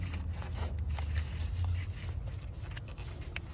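The top quick-connect hose of a JLT oil catch can on a 2010 LS3 SS Camaro is pushed onto the intake PCV valve fitting after an earlier attempt, over a steady low engine-bay hum with scraping and rustling. Small ticks are heard near 1.0 s and 1.2 s before a sharp click at 3.4 s as the quick-connect snaps on and seats.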